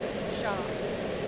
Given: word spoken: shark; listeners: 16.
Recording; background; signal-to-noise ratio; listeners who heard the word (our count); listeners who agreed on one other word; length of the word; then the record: one English word in noise, from a listening test; speech-shaped noise; -6.7 dB; 4 of 16; 11 of 16; 0.88 s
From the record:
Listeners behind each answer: 11, 4, 1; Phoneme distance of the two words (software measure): 10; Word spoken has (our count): 1 syllable, 3 phonemes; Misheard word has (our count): 1 syllable, 3 phonemes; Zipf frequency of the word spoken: 4.17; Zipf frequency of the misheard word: 4.55